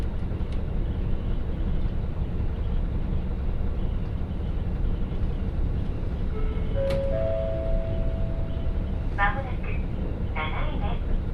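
A train ride on the Hakodate Main Line, heard as a steady, dense low rumble that never lets up. Around the seventh second a thin, level tone sounds for a moment, and near the end come quick bursts of rattling, clicking pulses over the drone.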